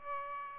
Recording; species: mosquito wingbeat signal from an infrared sensor; Aedes aegypti